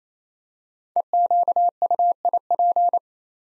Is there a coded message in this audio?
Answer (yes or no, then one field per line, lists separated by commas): yes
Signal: Morse code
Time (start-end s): 1.0-3.0 s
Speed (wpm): 27 wpm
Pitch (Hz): 700 Hz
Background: none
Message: EQUIP